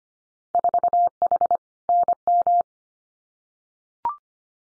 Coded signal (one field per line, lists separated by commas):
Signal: Morse code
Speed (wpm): 25 wpm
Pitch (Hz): 700 Hz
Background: none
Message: 4H NM